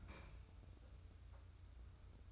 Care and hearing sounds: daily activity, microphone in the room; open fridge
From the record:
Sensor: 2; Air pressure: 990.9 hPa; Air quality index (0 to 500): 128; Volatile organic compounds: 123 ppm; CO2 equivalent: 3892 ppm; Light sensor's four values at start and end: 21/49/20/20 and 20/49/20/20

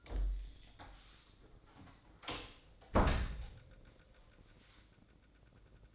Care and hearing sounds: daily activity, microphone in the room; close door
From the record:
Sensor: 3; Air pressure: 1012.3 hPa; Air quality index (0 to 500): 175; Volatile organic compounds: 3 ppm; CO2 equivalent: 1339 ppm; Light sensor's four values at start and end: 600/1491/617/635 and 600/1491/618/636

